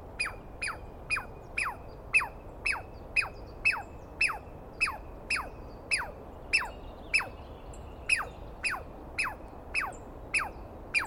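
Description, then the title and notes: Douglas squirrel uttering harsh falling chirps in a somewhat uneven series, nearly two a second. Douglas pine squirrel screaming at length after waking the recordist, during a dawn recording in the East Cascades on the morning of 21 April 2017; identified by sound, not clearly seen. "On the morning of 21 April, 2017, I set up my microphones and recorder for a nice dawn recording in the East Cascades. I was started awake by a screaming Douglas Pine Squirrel."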